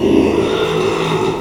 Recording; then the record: squeal of a Yucatan mini pig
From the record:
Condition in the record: after surgery on the right vocal fold (resection and tissue-engineered implant); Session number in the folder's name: 1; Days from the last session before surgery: 6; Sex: male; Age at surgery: 12 weeks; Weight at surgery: 13 kg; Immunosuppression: cyclosporine, prednisolone